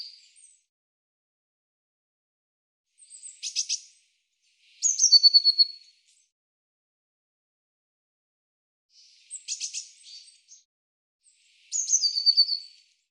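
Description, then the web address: Eurasian blue tit calls: high, thin notes followed by short buzzy churring phrases sliding down, in two bouts about six seconds apart. "cianscape birddata Deverinetal 2025 File cleaned normalized Bird Cy Ca"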